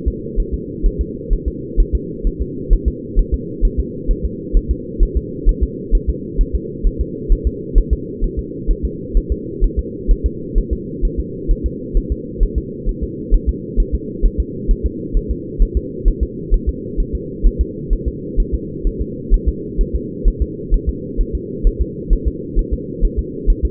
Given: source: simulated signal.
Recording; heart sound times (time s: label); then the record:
fetal heart sounds
0.08 s: S2
0.40 s: S1
0.54 s: S2
0.86 s: S1
1.01 s: S2
1.33 s: S1
1.48 s: S2
1.80 s: S1
1.95 s: S2
2.27 s: S1
2.42 s: S2
2.73 s: S1
2.88 s: S2
3.19 s: S1
3.34 s: S2
3.65 s: S1
3.80 s: S2
4.11 s: S1
4.25 s: S2
4.57 s: S1
4.71 s: S2
5.03 s: S1
5.17 s: S2
5.49 s: S1
5.63 s: S2
5.95 s: S1
6.09 s: S2
6.41 s: S1
6.55 s: S2
6.87 s: S1
7.01 s: S2
7.32 s: S1
7.47 s: S2
7.78 s: S1
7.93 s: S2
8.24 s: S1
8.39 s: S2
8.70 s: S1
8.85 s: S2
9.17 s: S1
9.32 s: S2
9.64 s: S1
9.79 s: S2
10.11 s: S1
10.26 s: S2
10.58 s: S1
10.73 s: S2
11.05 s: S1
11.19 s: S2
11.51 s: S1
11.66 s: S2
11.97 s: S1
12.12 s: S2
12.43 s: S1
12.58 s: S2
12.89 s: S1
13.03 s: S2
13.34 s: S1
13.49 s: S2
13.80 s: S1
13.95 s: S2
14.25 s: S1
14.40 s: S2
14.71 s: S1
14.86 s: S2
15.17 s: S1
15.31 s: S2
15.62 s: S1
15.77 s: S2
16.08 s: S1
16.23 s: S2
16.54 s: S1
16.69 s: S2
17.00 s: S1
17.15 s: S2
17.47 s: S1
17.61 s: S2
17.93 s: S1
18.08 s: S2
18.40 s: S1
18.54 s: S2
18.87 s: S1
19.01 s: S2
19.34 s: S1
19.48 s: S2
19.81 s: S1
19.95 s: S2
20.28 s: S1
20.42 s: S2
20.74 s: S1
20.89 s: S2
21.21 s: S1
21.35 s: S2
21.67 s: S1
21.81 s: S2
22.13 s: S1
22.27 s: S2
22.59 s: S1
22.73 s: S2
23.05 s: S1
23.19 s: S2
23.50 s: S1
23.65 s: S2
From the record:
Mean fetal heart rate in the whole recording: 130 bpm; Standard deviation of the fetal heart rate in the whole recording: 2 bpm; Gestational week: 38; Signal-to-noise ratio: -4.1 dB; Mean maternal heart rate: no maternal heart sound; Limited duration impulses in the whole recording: absent